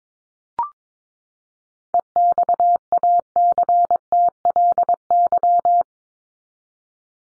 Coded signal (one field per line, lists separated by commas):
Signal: Morse code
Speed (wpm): 22 wpm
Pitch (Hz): 700 Hz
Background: none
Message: EXACTLY